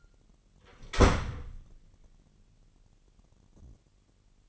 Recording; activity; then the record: daily activity, microphone in the room; close door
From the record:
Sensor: 4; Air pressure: 999.2 hPa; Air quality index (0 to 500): 118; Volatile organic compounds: 2 ppm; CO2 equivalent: 1162 ppm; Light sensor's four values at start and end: 13/31/12/14 and 12/30/12/13